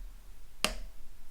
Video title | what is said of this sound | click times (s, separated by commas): Let's build the Adafruit Macropad! Live at the Socket bench 720p hls | Press it in. Hear the snap. | 0.6 s